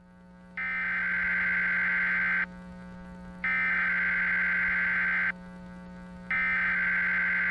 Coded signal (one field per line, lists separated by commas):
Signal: Emergency Alert System (SAME) tones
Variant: header bursts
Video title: Northeast Nightmare: An EAS/NWS Scenario (Read Desc.)